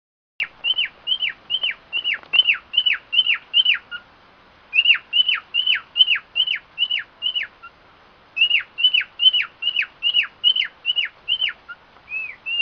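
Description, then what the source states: Cockatiel whistling a fast series of clipped, downward-hooked notes in three runs of several notes each, separated by short gaps. White-faced variety; song.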